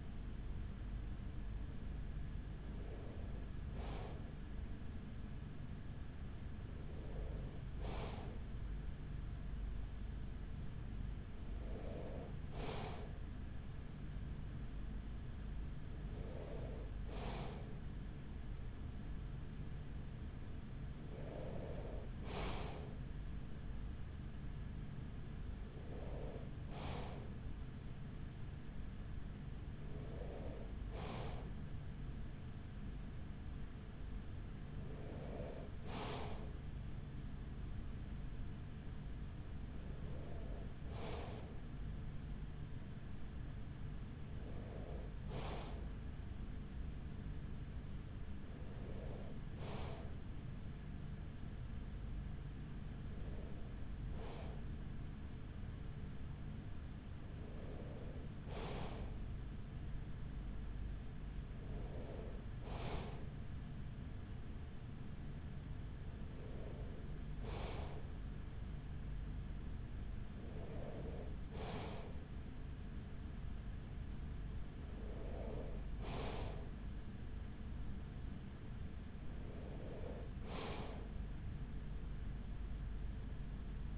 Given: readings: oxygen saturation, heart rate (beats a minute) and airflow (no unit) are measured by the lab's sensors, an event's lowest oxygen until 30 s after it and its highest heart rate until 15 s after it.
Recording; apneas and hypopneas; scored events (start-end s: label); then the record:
breathing in sleep by a smartphone at the bedside; none
2.00-32.00 s: new sleep stage, N3 (deep sleep)
32.00-83.98 s: new sleep stage, N2 (light sleep)
From the record:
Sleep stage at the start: N2 (light sleep); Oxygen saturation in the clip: 94%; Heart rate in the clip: 42 to 45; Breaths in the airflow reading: 18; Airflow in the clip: -7.8 to 6.2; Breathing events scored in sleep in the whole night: 207 in 7.6 hours asleep